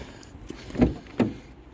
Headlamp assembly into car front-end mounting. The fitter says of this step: and slide it back into clicking here let's go click and then when it's stable put the screw back in